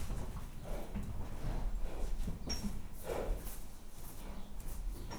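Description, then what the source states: Horse rustling and shifting, with soft low thuds and a few short noisy bursts; faint high chirps in the background. Tied horse in a stable in a farmyard, rustling while its mate peeks in.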